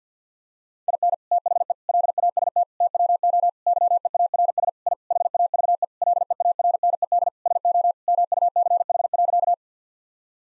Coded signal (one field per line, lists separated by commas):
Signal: Morse code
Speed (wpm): 50 wpm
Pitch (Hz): 700 Hz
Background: none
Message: IN THE LAST TWO YEARS I HAVE LEARNED SO MUCH.